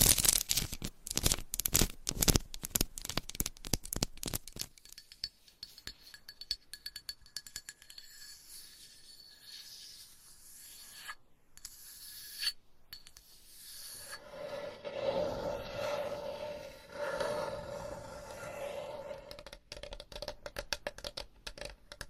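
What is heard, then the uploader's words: Scratching and tapping sounds, dense and rapid for the first five seconds with sharp bright strikes, then thinning into softer rubbing and occasional taps. Two abrupt silent gaps fall near eleven and twelve seconds, and from about fourteen seconds a steady low-mid tone runs beneath renewed scraping. Scratching , Tapping , Massage & More No Talking.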